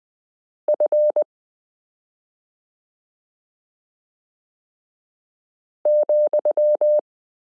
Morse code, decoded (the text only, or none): F,